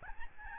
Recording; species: mosquito wingbeat signal from an infrared sensor; Aedes albopictus